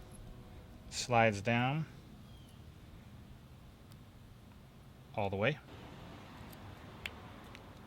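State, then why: Seated. Someone talks, then the greased plastic plug of a 1000-lumen GTR Lighting LED reverse bulb, coated with dielectric grease, is pushed into the vehicle wiring harness connector on a 2017-2020 Ford F250. A sharp click at 7.1 s marks the connector seating fully.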